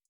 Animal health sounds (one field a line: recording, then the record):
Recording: hydrophone in a shrimp aquaculture tank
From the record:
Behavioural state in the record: feeding